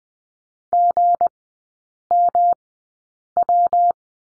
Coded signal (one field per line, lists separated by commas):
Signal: Morse code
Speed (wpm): 20 wpm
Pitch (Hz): 700 Hz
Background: none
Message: GMW